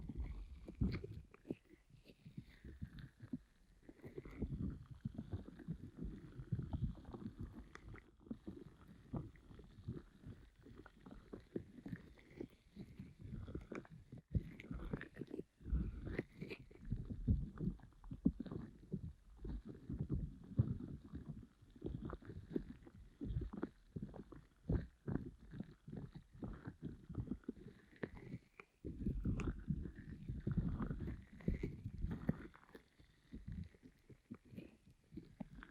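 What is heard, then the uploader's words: A pineapple is rubbed and handled, making dense, muffled scratching and rustling with deep thumps. The strokes come in irregular bursts throughout, with a few brief quiet gaps, and a faint higher scraping rides above the heavy rumble. ASMR Ear Massage with Pineapple (No Talking).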